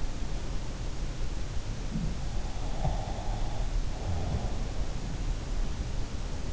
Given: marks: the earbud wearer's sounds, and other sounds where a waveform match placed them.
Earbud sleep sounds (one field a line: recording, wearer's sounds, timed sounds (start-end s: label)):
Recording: sounds in sleep by an in-ear microphone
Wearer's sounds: breath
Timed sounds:
2.80-4.41 s: breath